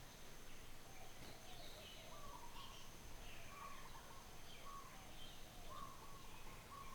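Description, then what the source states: Birds giving several short mid-pitched call notes, with fainter higher chirps and a constant low background rumble. Birds heard in the distance.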